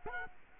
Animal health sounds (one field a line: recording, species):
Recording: mosquito wingbeat signal from an infrared sensor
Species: Culex quinquefasciatus